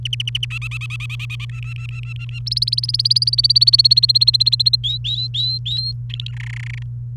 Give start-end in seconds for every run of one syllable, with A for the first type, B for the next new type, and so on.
0.05-0.45 A, 0.50-1.45 B, 1.49-2.39 C, 2.46-4.76 D, 4.84-5.92 E, 6.10-6.31 F, 6.32-6.83 G